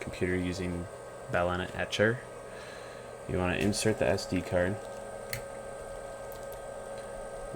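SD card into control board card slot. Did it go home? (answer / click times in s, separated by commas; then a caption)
yes / 5.3 s. A flashed SD card is pushed into the card slot of a crypto miner control board while someone talks over a steady background hum. A single short click sounds at 5.3 s as the card seats in the slot, confirming it is in.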